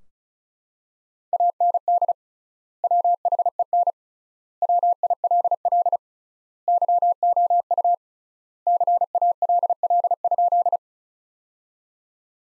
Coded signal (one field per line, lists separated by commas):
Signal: Morse code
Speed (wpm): 36 wpm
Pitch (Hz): 700 Hz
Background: none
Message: AND WHEN WILL YOU CALL?